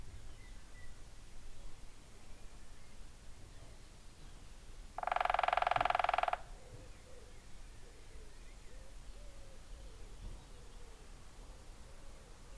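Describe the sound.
Woodpecker drumming: a single fast roll of taps, about one and a half seconds long and ringing, set in an otherwise quiet stretch with faint hiss.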